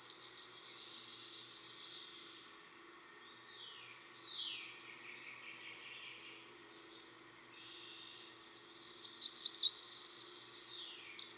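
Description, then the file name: Blackburnian warbler song: bursts of very high, thin, rapid notes at the start and again near the end, with fainter notes between and a faint steady hum below. "song Christopher-Mc Pherson-Blackburnian-Warbler-Setophaga-fusca"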